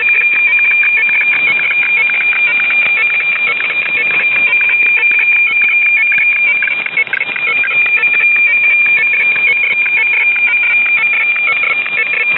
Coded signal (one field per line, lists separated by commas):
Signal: weather fax (radiofax)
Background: speech